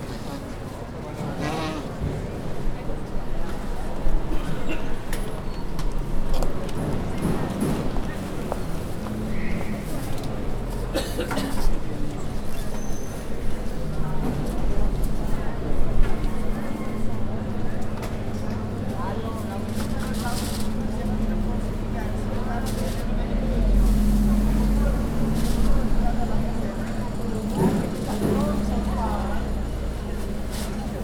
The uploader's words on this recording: 11:40. Mercato Cittadino. The Piazza delle Erbe Market is the heart of the city center. It is located in the most ancient and important point of Padua, next to Palazzo della Ragione.